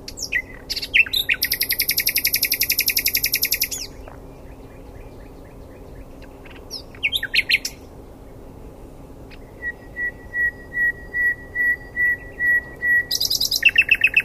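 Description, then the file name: Common nightingale song: a rapid chattering trill, scattered short notes, then a series of pure whistles swelling in loudness before a closing burst. "Luscinia megarhynchos"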